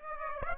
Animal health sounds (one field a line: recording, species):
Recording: mosquito wingbeat signal from an infrared sensor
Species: Aedes aegypti